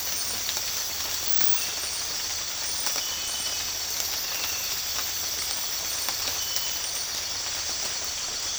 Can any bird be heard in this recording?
no